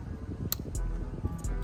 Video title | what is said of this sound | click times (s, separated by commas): Installing SMOKED Recon Lights on F250 | make sure you hear a click so that everything's fully seated | 0.5 s